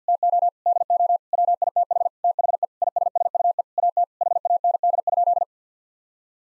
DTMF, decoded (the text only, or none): none